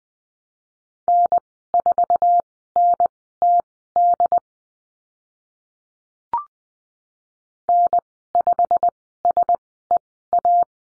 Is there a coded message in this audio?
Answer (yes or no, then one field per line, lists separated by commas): yes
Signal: Morse code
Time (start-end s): 1.1-10.6 s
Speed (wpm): 20 wpm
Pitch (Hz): 700 Hz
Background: none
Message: N4NTD N5SEA